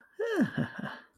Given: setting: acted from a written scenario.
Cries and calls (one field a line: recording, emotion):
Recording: vocal sound without words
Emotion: pride